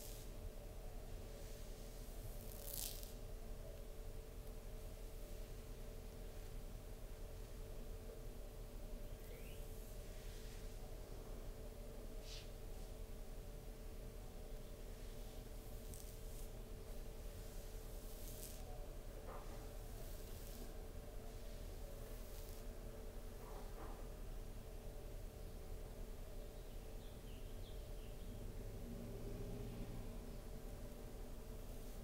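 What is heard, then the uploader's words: A slow, gentle back scratch with soft fabric rustling, heard as brief, airy strokes every few seconds rather than a continuous rub. A steady low hum with a faint tonal drone runs underneath the whole time and stays unchanged. Slow, gentle back scratch with fabric sounds no whisper.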